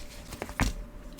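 A plastic cape piece on the back of an M. Bison action figure (Street Fighter II Ultra, Jada Toys) is pushed back to remove it. A soft tap sounds at about 0.4 s, then a sharp click at 0.6 s as the cape releases and comes free. No words are spoken.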